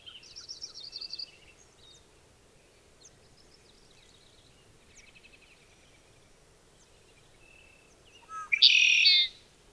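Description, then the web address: Red-winged blackbird buzzy trill at the end, preceded by a short lead-in note; before it, a quick twittering run and scattered faint chirps. "soundandlightecologyteam"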